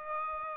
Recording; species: mosquito wingbeat signal from an infrared sensor; Aedes aegypti